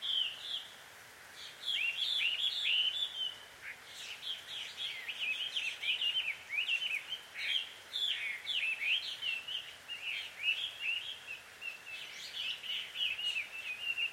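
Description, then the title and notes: Birds calling, dense overlapping chirps and twittering squeaks in quick bursts through most, with a brief lull early on, over steady background hiss. Bird pair quarrelling at dusk in Takao, Japan. "鳥の夫婦喧嘩 – Birds Quarrel At Dusk. Recorded in Takao Japan"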